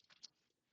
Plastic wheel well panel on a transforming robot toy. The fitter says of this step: They will snap into place and kind of help secure the arms into place to some extent.